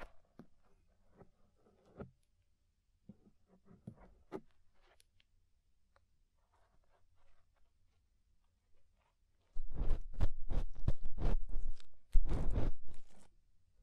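Ear scraping: sparse faint scratches and clicks for nine seconds, then two dense bursts of loud, crackly rubbing, ending with silence.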